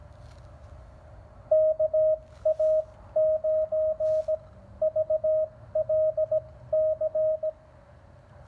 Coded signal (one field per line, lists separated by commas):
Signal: Morse code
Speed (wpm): 20 wpm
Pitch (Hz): 630 Hz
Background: radio noise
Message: KA9VLC